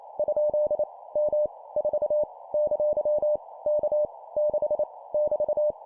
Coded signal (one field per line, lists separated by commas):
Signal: Morse code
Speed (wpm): 28 wpm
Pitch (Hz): 600 Hz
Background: none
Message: ? M 4 ! K 6 <BT>